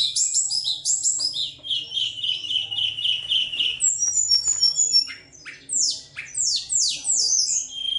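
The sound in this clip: Bird song opening with a fast series of harsh repeated notes, then bright sweeping whistles and sharp downslurred chirps.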